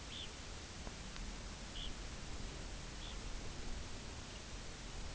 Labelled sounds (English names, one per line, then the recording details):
Red Phalarope
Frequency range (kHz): Red Phalarope 1.9-4.9 kHz
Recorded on Arctic tundra, site UTQI-0, on 17 June 2019
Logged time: 18:00